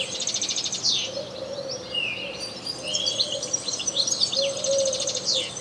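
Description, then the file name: European goldfinch song, bright twittering with sweeping whistled notes and scratchy bursts, accompanied at times by a faint low humming tone. "Carduelis carduelis"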